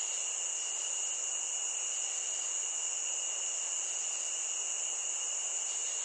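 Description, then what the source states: Crickets trilling together in an unbroken, high, steady drone. Nature ambience.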